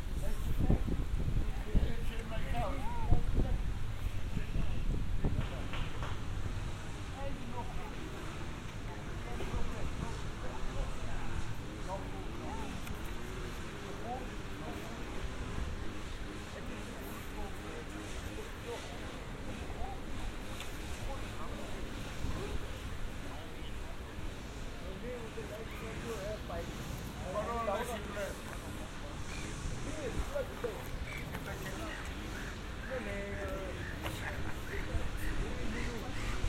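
A binaural field recording made in Amsterdam in June, filled with a steady murmur of overlapping voices and conversation. A low rumble, possibly from a passing vehicle or boat, runs underneath, with a louder burst near the start and a fairly even level after that.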